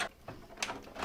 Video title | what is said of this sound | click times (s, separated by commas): J'apprends à mon Neveu de 9 ANS à Monter un PC GAMER | T'as entendu le petit clips? | 0.6 s